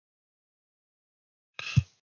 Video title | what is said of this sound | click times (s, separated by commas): #zunderstream Show Archive - 2024-01-06 (Streamiversary 3 Part 1/2) | it literally like it doesn't snap in it just sits | none